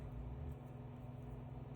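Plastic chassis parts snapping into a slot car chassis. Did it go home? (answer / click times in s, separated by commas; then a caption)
no / none. Plastic parts of a Tyco slot car chassis are being pressed to check that they are snapped in, with only a steady low rumble and hum heard throughout. Nothing has seated or clicked yet.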